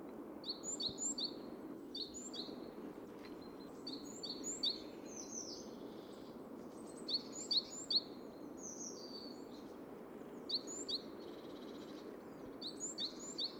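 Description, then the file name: Great tit calling repeatedly with bright, high two- and three-note phrases at irregular intervals, with steady low hiss beneath. "Parus major"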